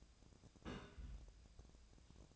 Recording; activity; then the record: daily activity, microphone in the room; place on stove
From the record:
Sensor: 2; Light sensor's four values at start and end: 31/77/33/37 and 31/77/33/37